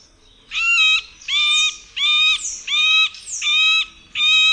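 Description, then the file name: Middle spotted woodpecker giving a series of six nasal, harmonic, quacking notes, each about half a second long, repeated roughly every 0.7 seconds at steady pitch. "dzieciolsredni"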